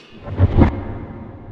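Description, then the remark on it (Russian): Two quick gunshots, a heavy booming crack and then another, each with a deep low rumble that fades away into quiet afterward. “Но что за самодеятельность со стрельбой?”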